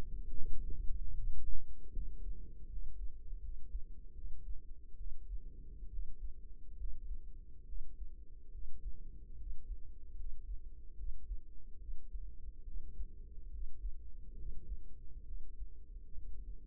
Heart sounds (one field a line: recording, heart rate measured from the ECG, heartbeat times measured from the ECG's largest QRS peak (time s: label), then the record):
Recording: heart sounds by microphone in the right ear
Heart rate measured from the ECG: 72 bpm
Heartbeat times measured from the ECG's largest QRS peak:
0.32 s: heartbeat
1.13 s: heartbeat
1.92 s: heartbeat
2.68 s: heartbeat
3.40 s: heartbeat
4.13 s: heartbeat
4.97 s: heartbeat
5.89 s: heartbeat
6.76 s: heartbeat
7.65 s: heartbeat
8.50 s: heartbeat
9.36 s: heartbeat
10.15 s: heartbeat
10.95 s: heartbeat
11.78 s: heartbeat
12.63 s: heartbeat
13.50 s: heartbeat
14.35 s: heartbeat
15.24 s: heartbeat
16.13 s: heartbeat
From the record:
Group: healthy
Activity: rest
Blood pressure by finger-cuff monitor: 136/83 mmHg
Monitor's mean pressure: 102 mmHg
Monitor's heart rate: 71 bpm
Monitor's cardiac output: 5.7 L/min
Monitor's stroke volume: 79 mL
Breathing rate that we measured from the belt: 17 breaths a minute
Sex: male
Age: 35 years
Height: 178 cm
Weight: 64 kg